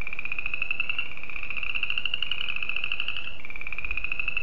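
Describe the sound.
Spring peeper voice, a high pulsed tone that slowly rises, then drops a little near the end.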